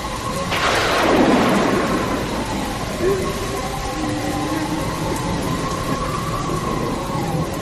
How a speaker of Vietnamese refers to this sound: Rồi đến khuya, trời bỗng sấm chớp nổi lên liên hồi rạo rỡ, và tiếp sau là một trận mưa gió bão bùng, lại nghe như có tiếng ai đó đang than khóc.